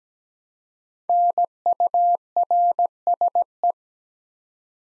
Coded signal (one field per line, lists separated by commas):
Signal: Morse code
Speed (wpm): 17 wpm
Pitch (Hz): 700 Hz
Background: none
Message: NURSE